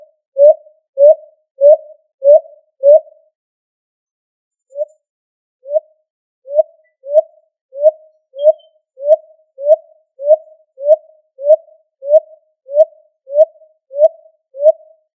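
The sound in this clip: Pigeon giving short, pure, hooting notes repeated quickly in a steady series, with a brief pause after the first five notes before the run resumes for a long stretch.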